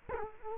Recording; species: mosquito wingbeat signal from an infrared sensor; Culex quinquefasciatus